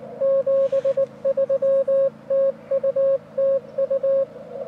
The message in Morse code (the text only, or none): 73 TU TU